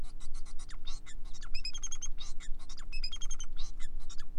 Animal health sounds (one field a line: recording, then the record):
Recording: song of a male Bengalese finch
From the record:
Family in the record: son of father 4